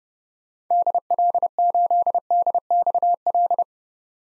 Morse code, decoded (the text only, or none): DL8DXL